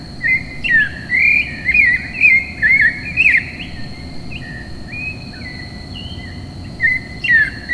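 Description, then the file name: Clay-colored thrush song, a run of rich warbled whistled phrases in the first few seconds, a pause, then more phrases near the end, with a steady high tone and low background hum. "clay-colored robin bird song"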